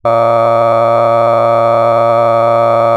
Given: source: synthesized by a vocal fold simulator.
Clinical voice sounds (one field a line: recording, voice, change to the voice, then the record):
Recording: sustained vowel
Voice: male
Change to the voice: cycle-to-cycle stiffness perturbation (roughness), level 7 of 10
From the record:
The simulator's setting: 4.17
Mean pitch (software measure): 115 Hz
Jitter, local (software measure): 1.96%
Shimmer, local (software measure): 7.6%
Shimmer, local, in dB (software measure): 0.59 dB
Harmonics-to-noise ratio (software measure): 13.8 dB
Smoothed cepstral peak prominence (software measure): 18.7 dB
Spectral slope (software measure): -17.0 dB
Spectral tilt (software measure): -11.9 dB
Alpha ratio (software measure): -7.5 dB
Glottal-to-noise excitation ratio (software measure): 0.994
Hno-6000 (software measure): 2.5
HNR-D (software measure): 21.5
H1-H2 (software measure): 4.9 dB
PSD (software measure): 1.4e-04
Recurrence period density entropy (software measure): 0.106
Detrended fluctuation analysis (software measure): 0.0541